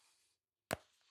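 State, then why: Seated. A third corner of a Ryan London leather case is pressed over the edge of an iPhone 16 Pro Max and pops into place. A faint hiss gives way to silence, then a single sharp, bright pop at 0.7 s that decays quickly. The corner is seated with a clean, satisfying snap.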